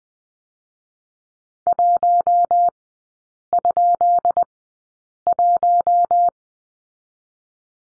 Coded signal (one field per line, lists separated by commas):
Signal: Morse code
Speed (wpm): 20 wpm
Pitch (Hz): 700 Hz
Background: none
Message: 1?1